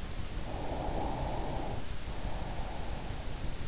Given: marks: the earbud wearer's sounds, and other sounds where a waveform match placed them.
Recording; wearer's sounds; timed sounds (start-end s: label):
sounds in sleep by an in-ear microphone; breath
0.37-3.56 s: breath